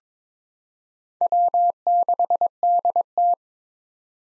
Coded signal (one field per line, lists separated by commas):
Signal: Morse code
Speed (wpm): 22 wpm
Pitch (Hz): 700 Hz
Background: none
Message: W6DT